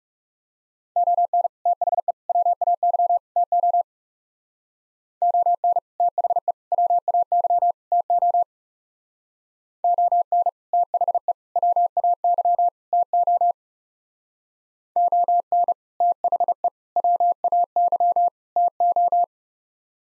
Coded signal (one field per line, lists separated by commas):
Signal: Morse code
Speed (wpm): 37 wpm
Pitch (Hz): 700 Hz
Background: none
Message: ON THE WAY TO ON THE WAY TO ON THE WAY TO ON THE WAY TO